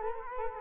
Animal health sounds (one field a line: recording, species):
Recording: mosquito wingbeat signal from an infrared sensor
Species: Culex quinquefasciatus